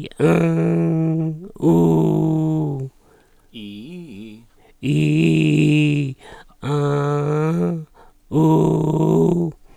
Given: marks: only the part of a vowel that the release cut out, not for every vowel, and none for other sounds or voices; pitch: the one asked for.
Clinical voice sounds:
sustained vowels; male; 70 to 79 years
0.31-1.10 s: vowel /a/, low pitch
1.76-2.70 s: vowel /u/, low pitch
4.95-5.86 s: vowel /i/, low-high-low pitch
6.71-7.61 s: vowel /a/, low-high-low pitch
8.40-9.37 s: vowel /u/, low-high-low pitch
From the record:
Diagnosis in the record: recurrent laryngeal nerve paralysis, contact pachydermia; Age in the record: 74 years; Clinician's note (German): Rechts mit Kompensation; Kontaktpachydermie

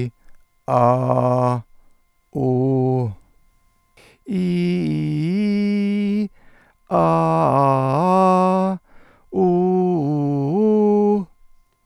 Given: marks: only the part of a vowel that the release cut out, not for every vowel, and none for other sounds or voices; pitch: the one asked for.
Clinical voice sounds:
sustained vowels; male; 70 to 79 years
0.72-1.53 s: vowel /a/, low pitch
2.42-3.03 s: vowel /u/, low pitch
4.36-6.20 s: vowel /i/, low-high-low pitch
6.97-8.66 s: vowel /a/, low-high-low pitch
9.41-11.13 s: vowel /u/, low-high-low pitch
From the record:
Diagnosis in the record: dysphonia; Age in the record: 75 years

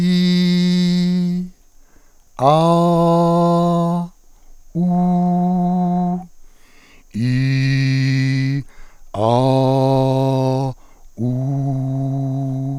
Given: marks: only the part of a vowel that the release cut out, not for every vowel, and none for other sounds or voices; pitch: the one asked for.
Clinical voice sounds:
sustained vowels; male; 50 to 59 years
0.00-1.26 s: vowel /i/, normal pitch
2.50-3.91 s: vowel /a/, normal pitch
4.87-6.06 s: vowel /u/, normal pitch
7.28-8.49 s: vowel /i/, low pitch
9.29-10.49 s: vowel /a/, low pitch
11.45-12.57 s: vowel /u/, low pitch
From the record:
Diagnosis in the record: healthy voice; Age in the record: 59 years

